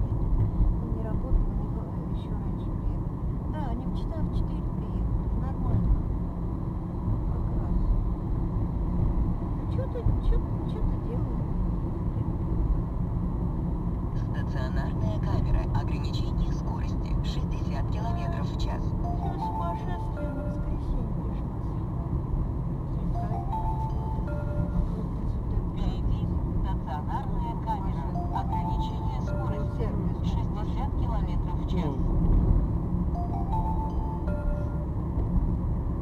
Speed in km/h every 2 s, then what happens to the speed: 48, 47, 47, 46, 47, 47, 50, 49, 50, 50, 50, 49, 49, 49, 50, 51, 52, 51.
0-36 steady at about 49.